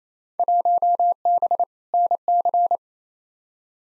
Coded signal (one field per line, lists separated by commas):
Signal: Morse code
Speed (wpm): 27 wpm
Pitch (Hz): 700 Hz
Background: none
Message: 1B NC